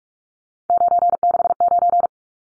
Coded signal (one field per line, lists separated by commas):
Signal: Morse code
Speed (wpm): 44 wpm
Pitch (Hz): 700 Hz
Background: none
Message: 969